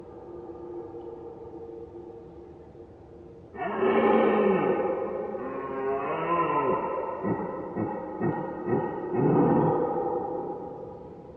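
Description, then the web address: Red deer roaring: after a few seconds of quiet background, a loud harmonic bellow starts, then continues for about eight seconds as groaning roars that rise and fall in pitch, broken into pulses. Red deer recorded at far distance, mid-side stereo recording. "Ivo Vicic - Red Deer and Roe Deer"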